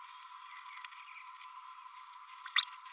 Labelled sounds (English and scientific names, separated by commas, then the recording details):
Green-rumped Parrotlet (Forpus passerinus) babbling
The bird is a male
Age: 32 days
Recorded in a nest box in Venezuela
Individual 17B32A6